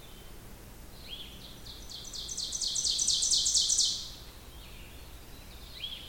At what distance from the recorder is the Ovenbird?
about 20 m